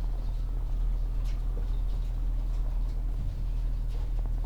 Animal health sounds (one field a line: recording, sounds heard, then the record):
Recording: poultry house recording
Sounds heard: sick chickens (respiratory disease)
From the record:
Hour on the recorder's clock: 16